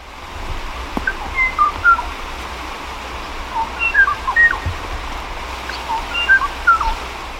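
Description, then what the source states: Kauai ʻōʻō song: scattered, pure, flute-like whistled notes, some slurred up or down, given singly and in short clusters over a steady background hiss. Extinct Hawaiian endemic of Kauai; a surviving recording of its song.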